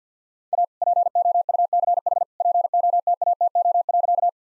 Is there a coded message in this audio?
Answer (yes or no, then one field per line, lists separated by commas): yes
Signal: Morse code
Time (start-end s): 0.5-4.3 s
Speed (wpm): 50 wpm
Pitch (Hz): 700 Hz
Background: none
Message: A POUCH POTATO.